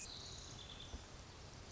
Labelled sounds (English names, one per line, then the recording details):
Pacific Wren
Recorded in Sonoma County, California